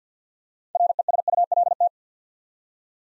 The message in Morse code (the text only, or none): RESULT